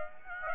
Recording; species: mosquito wingbeat signal from an infrared sensor; Aedes aegypti